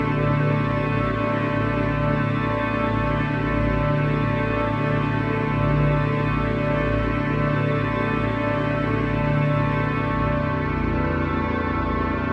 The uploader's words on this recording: 30hz Brain Waves. High frequencies using binaural beats and background music.